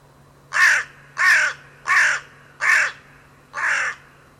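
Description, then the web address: Bird calling: five rough, grating caws repeated steadily about every two-thirds of a second, with a faint low hum underneath. "cianscape. Deverinetal. Bird Only"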